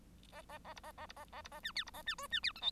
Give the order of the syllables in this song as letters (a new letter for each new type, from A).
A A A B A A B A A B A C D B A C E C D F G